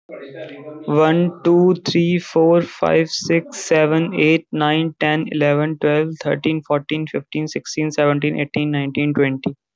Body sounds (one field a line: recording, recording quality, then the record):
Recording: counting at a normal pace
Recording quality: excellent, no background noise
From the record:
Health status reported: healthy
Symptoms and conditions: none ticked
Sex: male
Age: 19 years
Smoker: not ticked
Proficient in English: yes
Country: India